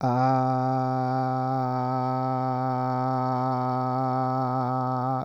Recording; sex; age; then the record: sustained vowel /a/; male; 20 to 29 years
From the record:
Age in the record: 26 years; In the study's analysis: included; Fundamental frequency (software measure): 128 Hz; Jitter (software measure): 0.30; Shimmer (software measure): 1.30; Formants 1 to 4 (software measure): 921 Hz, 1568 Hz, 2649 Hz, 4381 Hz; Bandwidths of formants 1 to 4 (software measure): 62 Hz, 144 Hz, 323 Hz, 235 Hz